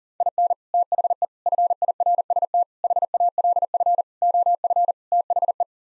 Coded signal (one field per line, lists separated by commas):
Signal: Morse code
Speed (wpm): 40 wpm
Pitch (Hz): 700 Hz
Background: none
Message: IN THE FIRST HALF OF THE